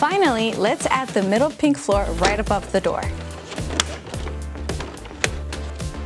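A middle pink plastic floor panel is pressed into the walls of a 2023 Barbie Dreamhouse toy dollhouse, right above the front door, while someone talks over background music. Sharp snap hits at 3.8 s and 5.2 s mark the panel seating into the wall frame, and it is fully snapped in place.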